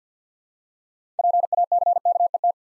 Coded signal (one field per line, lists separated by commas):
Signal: Morse code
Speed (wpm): 50 wpm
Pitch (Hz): 700 Hz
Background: none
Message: PACKET